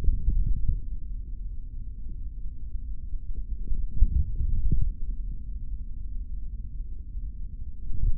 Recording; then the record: forearm muscle sounds (acoustic myography)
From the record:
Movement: hand closing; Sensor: system 3, bracelet of six PUI Audio POM-2738L microphones around the upper forearm, with dedicated amplification and filtering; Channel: 2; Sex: male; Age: 26 years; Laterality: right